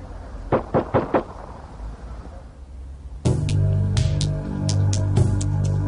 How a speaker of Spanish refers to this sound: Ahora el conductor tiene una pistola. La situación está fuera de control. Hay disparos y el agente muere.